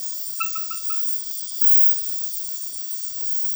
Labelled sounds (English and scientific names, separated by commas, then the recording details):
none
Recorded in dense forest near Puerto Asís, Putumayo, Colombia, on 18 February 2024 at 21:30
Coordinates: 0.505, -76.324
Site G6467